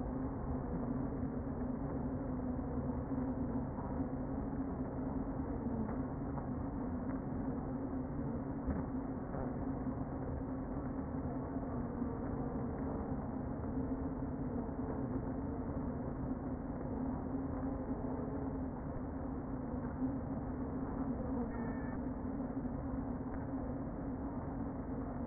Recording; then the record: honeybee colony, microphone inside the hive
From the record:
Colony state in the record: queen present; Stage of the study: before two queens were removed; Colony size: about 60,000 bees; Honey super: yes